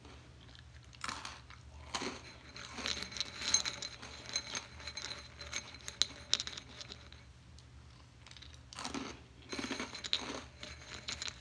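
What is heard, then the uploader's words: Crunchy snack bites and crinkling wrapper sounds come in bursts near 1, 2, 3 and 9 seconds over a steady low hum. ASMR Radio- A crunchy snack.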